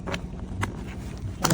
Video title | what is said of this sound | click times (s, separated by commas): Review imiomo Luggage Sets 4 Piece Expandable Suitcase Set,Hardside Carry on Luggage with USB Port C | and it pops right in | 1.4 s